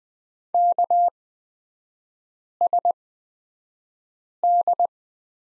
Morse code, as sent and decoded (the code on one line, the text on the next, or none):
-.- ... -..
KSD